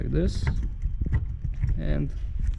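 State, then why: Not seated. An H9 halogen bulb is handled and positioned in the headlight housing of a Nissan Kicks, about to be twisted in, while someone talks. Only faint, brief handling ticks are heard over the voice. Nothing has seated or clicked yet.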